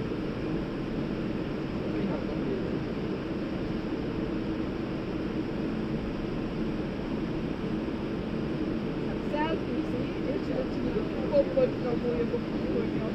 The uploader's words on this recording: Airplane waiting for departure. Waiting to leave San Antonio.